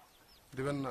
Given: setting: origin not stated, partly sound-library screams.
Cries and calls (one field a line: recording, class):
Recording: one-second piece from a danger detection set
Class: normal situation